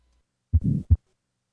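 Adult heart by stethoscope. Systolic ejection murmur of right ventricular outflow obstruction in tetralogy of Fallot, filling the interval between the two heart sounds. Its intensity and duration are inversely related to the amount of obstruction: as obstruction increases, the murmur becomes shorter, softer and peaks in early systole, reflecting decreased flow through the pulmonary trunk.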